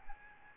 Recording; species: mosquito wingbeat signal from an infrared sensor; Aedes albopictus